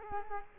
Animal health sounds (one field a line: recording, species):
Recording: mosquito wingbeat signal from an infrared sensor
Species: Culex quinquefasciatus